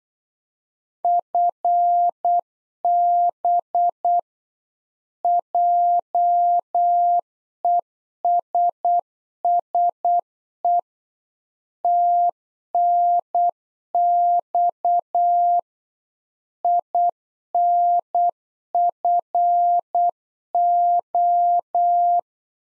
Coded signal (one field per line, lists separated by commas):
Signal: Morse code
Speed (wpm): 8 wpm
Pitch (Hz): 700 Hz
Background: none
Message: FB JESSE TNX INFO